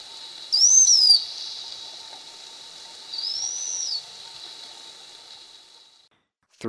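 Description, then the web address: Slaty-backed chat-tyrant whistling a clear, thin descending note, then a softer arched whistle a few seconds later, before the recording fades to silence and ends with a sharp click. Recorded in Ecuador. "Birds of Ecuador. Slaty-backed Chat-Tyrant"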